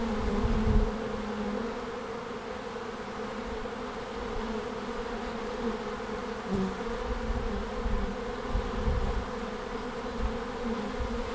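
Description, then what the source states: Bees buzz in an unbroken drone, one insect briefly louder near the start and again past the midpoint, over faint low rumble. Bees at the end of March in Langel, Cologne, Germany.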